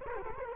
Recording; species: mosquito wingbeat signal from an infrared sensor; Culex quinquefasciatus